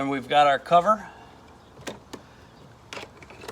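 Someone talks while handling a plastic trim cover on the door panel of a 2004 Toyota Camry during a door replacement, positioning it over a bolt. Faint brief taps of handling are heard around 1.9 s and 2.9 s. Nothing has seated or clicked yet; the cover has not snapped in by the end of the clip.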